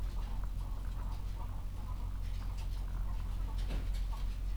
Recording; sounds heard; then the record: poultry house recording; sick chickens (respiratory disease)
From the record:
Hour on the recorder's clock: 13